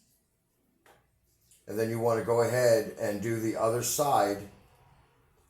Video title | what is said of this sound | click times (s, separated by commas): Restoration of a Vintage Original G.I. Joe Snake Eyes | and you just want to push it down gently until it snaps in place | 0.9 s